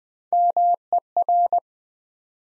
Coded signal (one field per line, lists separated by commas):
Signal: Morse code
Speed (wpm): 20 wpm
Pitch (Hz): 700 Hz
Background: none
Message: MER